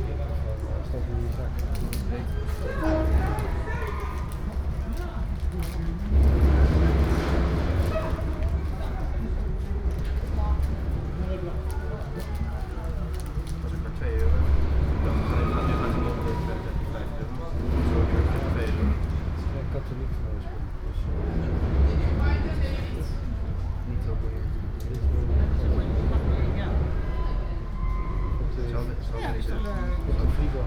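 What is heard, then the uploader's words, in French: Passengers' voices chatter while boarding a ferry over a steady low rumble, with recurring heavier thuds every few seconds from the floating platform. Son enregistré à Lisbonne sur les quais, Estação Ferroviária do Sul e Sueste. Voix des passagers embarquant pour le ferry et bruit de la plateforme d'embarcation flottante mouvementée par le ressac des vagues.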